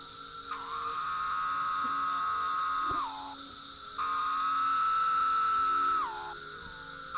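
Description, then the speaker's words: Periodical cicada courtship song, two long steady buzzy tones, each a little over two seconds and ending with a downward drop, over a constant high hiss. Male Brood X periodical cicada, emerged after 17 years underground, giving his changed courtship song after the female clicks to him. "So when the female clicks to the male, then he'll change his song. And he'll just start going like..."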